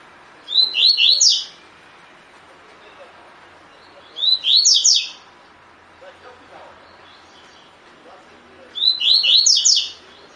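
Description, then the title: Double-collared seedeater repeating a short, rapid phrase of clear high whistles three times, a few seconds apart, over low background hiss. Double-collared seedeater in the "tui tui" song style; the source labels the bird "fibra". "COLEIRO DE GOLA TUI TUI FIBRA"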